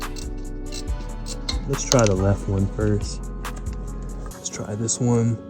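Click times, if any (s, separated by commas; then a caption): none. An electrical wiring connector is handled at the VTEC solenoid/sensor of a 2003–2007 Honda Accord 2.4L engine during reassembly after a VTEC solenoid gasket replacement to fix an oil leak. Someone talks over background music, with a few short, faint handling taps. The clip ends before the connector goes home, so nothing has seated or clicked yet.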